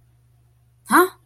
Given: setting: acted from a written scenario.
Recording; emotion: vocal sound without words; confusion